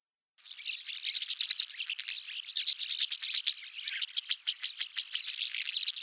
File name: skvorec rozovyy golos